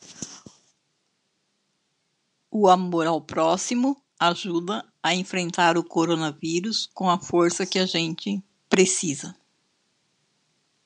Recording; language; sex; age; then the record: spoken sentence; Brazilian Portuguese; female; 60 to 69 years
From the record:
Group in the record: control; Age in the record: 62 years